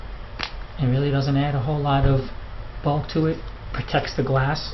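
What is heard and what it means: An iPhone 4 is pressed into a protective case with rubber sides and a polycarbonate back, and it snaps into place with a sharp click at 0.4 s. Someone talks through the rest of the clip.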